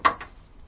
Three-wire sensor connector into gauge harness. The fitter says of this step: it's simple enough you just plug this in it's going to snap right in